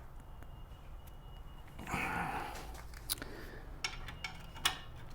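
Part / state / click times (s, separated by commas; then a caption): caliper bolt tightened into brake caliper bracket / not seated / none. A steel brake caliper bolt on a Kia Soul is tightened into the brake caliper bracket with a ratcheting torque wrench. A brief rushing burst near 1.9 s is followed by short, sharp ratchet ticks at about 3.1, 3.2, 3.9, 4.3 and 4.7 s. The torque setting is not reached, and nothing has clicked yet.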